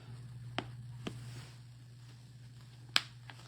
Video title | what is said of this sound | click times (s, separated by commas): National Yo Yo Day. | Snap. Snap. Okay. And snap. | 0.6 s, 1.1 s, 3.0 s